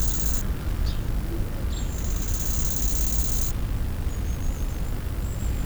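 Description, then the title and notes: Insects stridulating, very high hissing buzzes that switch on and off in bursts, with fainter chirps later, over a loud steady low rumble and hum. Insects in grass on a hot, fine late-summer day near Fenouillet, France; microphones placed in the grass; electric power line audible; stereo ORTF pair with field recorder. "La perche est dans l'herbe, nos oreilles aussi, au beau milieu des stridulations d'insectes par cette belle et chaude journée de fin d'été."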